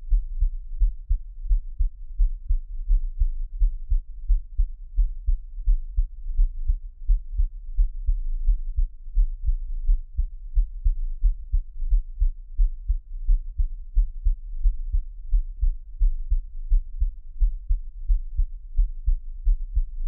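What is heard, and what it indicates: A steady run of soft, low thumps repeats at about 87 beats a minute with a fairly even rhythm. It is an adult's own heartbeat heard close up, made for ASMR listening with headphones. There is no talking and only a faint low hum behind it.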